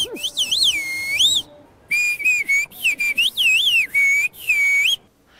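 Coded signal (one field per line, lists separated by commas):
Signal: whistled language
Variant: Turkish kuş dili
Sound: a loud clear whistle gliding up and down in short phrases, like speech melody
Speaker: teeth lips and cheeks the fact that this language can communicate all the words in our verbal languages is very interesting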